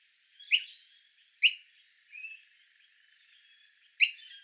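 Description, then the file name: Noisy Miner begging calls, three loud grating high notes at irregular intervals, with a faint softer warble in between. Juvenile begging to be fed. "Noisy Miner Juvenile Feed Me"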